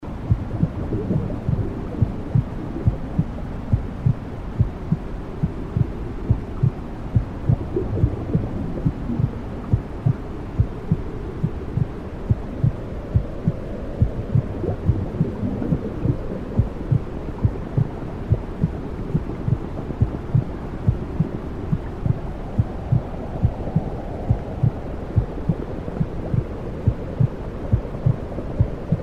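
Steady, soft low thumps repeat evenly beneath a continuous deep, muffled whooshing rumble, with no other sounds throughout. These are womb sounds with a heartbeat.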